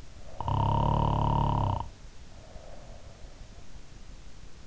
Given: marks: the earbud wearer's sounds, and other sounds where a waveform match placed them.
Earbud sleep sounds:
sounds in sleep by an in-ear microphone; snoring breath
0.10-3.13 s: snoring breath

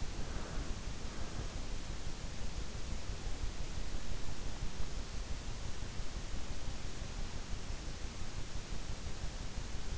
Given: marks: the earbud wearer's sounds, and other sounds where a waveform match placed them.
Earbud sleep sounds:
sounds in sleep by an in-ear microphone; breath
0.00-1.82 s: breath

